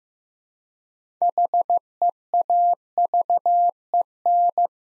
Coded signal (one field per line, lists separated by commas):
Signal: Morse code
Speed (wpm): 15 wpm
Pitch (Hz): 700 Hz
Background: none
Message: HEAVEN